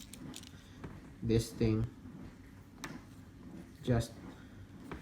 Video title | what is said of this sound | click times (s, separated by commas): Transformers Studio Series Car Dropkick | So you can hear it snap there. | 4.9 s